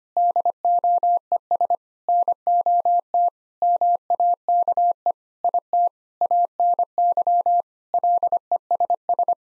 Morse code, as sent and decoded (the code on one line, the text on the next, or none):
-.. --- . ... / -. --- - / -- .- -.- . / .. - / .- -. -.-- / .-.. . ... ...
DOES NOT MAKE IT ANY LESS